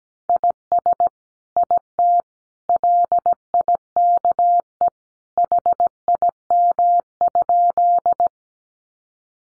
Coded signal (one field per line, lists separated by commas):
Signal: Morse code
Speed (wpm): 17 wpm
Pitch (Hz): 700 Hz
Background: none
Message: IS IT LIKE HIM?